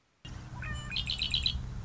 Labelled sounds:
Red-winged Blackbird (Agelaius phoeniceus)
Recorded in Sonoma County, California

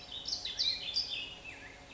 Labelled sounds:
California Towhee (Melozone crissalis)
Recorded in Sonoma County, California

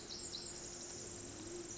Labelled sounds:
Pacific Wren (Troglodytes pacificus)
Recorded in Sonoma County, California

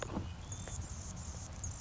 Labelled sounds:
Anna's Hummingbird (Calypte anna)
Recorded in Sonoma County, California

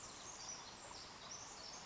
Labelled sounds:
Pacific Wren (Troglodytes pacificus)
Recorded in Sonoma County, California

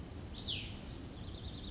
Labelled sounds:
Cassin's Vireo (Vireo cassinii)
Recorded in Sonoma County, California

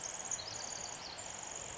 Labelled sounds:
Pacific Wren (Troglodytes pacificus)
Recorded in Sonoma County, California

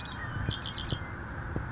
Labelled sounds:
Red-winged Blackbird (Agelaius phoeniceus)
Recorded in Sonoma County, California

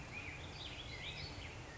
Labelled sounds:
Black-headed Grosbeak (Pheucticus melanocephalus)
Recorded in Sonoma County, California

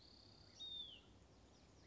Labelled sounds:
Hutton's Vireo (Vireo huttoni)
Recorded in Sonoma County, California

